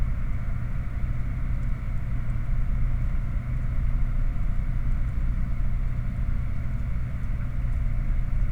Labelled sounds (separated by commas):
machinery, flare stack